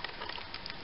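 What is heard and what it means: The plastic ball joint of a Transformers Energon Towline toy robot's arm, which had become wobbly, is worked into its shoulder socket. Close-up handling noise is heard with brief sharp ticks near 0.1 s and 0.7 s. Nothing has seated or clicked yet.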